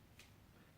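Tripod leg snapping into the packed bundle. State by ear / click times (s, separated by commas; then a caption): seated / 0.2 s. A ZIPPOD ultralight camera tripod for hiking or backpacking is packed up, its legs pulled around and snapped together into the bundle. One faint, short click at about 0.2 s rises above a low, steady background as the leg snaps into place and is seated.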